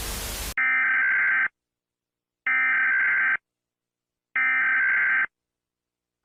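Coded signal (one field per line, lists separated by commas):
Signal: Emergency Alert System (SAME) tones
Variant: header bursts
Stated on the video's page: Fictional EAS alarm made with apps, not a real alert.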